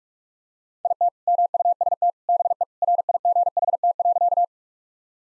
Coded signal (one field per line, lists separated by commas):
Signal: Morse code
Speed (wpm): 46 wpm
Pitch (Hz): 700 Hz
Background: none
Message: IT MUST BE RIGHT.